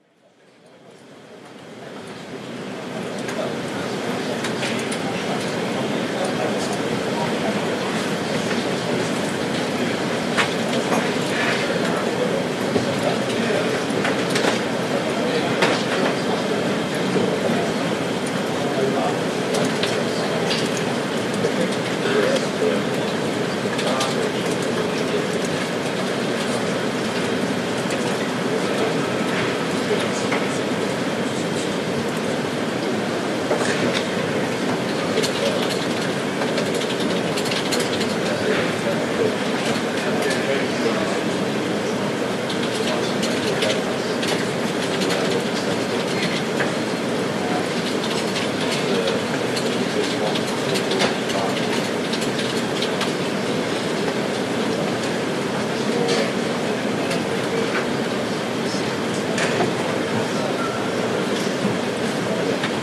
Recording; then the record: background sound without coughing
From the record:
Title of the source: Office Sounds Ambience - Background Noise for Study and Work